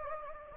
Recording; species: mosquito wingbeat signal from an infrared sensor; Anopheles gambiae